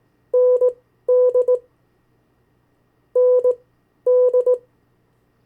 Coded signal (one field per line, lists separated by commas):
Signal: Morse code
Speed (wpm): 17 wpm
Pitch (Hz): 500 Hz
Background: none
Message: ND ND